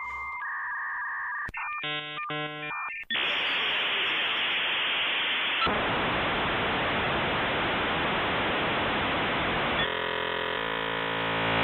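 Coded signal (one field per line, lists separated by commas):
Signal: dial-up modem handshake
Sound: steady tones, warbling tone bursts, then loud rushing hiss that shifts texture twice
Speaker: Let me know if you guys hear a dial-up sound, like the old dial-up internet.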